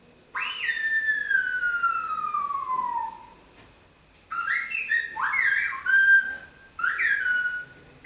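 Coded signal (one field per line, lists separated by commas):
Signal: whistled language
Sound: clear whistled tones: one long falling glide, then three short phrases of rising and falling pitch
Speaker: aquí le voy a colocar un ejemplo de lo que es el lenguaje celular, Otraito. Bueno, como verán, eh ellos tienen su su propio sistema, ¿no?, de habla, de comunicación. Eh, como verán, también ellos utilizan diferentes técnicas para este lenguaje, ¿no? Entonces, ellos para llamar, para hablar,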